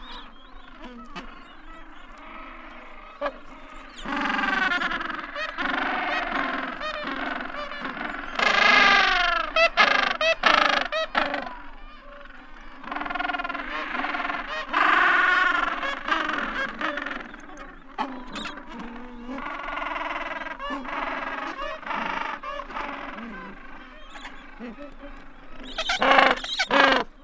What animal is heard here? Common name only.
Gentoo Penguin